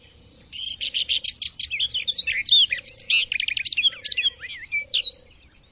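Bird giving a long, lively high-pitched warble of rapid chirps, buzzy notes and slurred whistles, with a faint low hum pulsing in the background.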